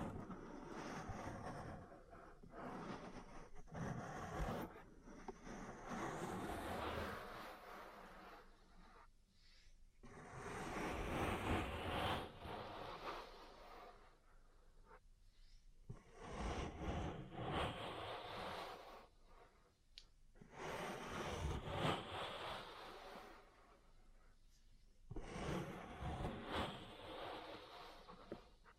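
Ear cleaning and massage sounds come in dense bursts of rubbing, scratching and tapping, with crackly bright edges over a low rumble. Busy stretches alternate with brief near-silent pauses around 9, 14, 19 and 24 seconds, and sharp taps stand out here and there.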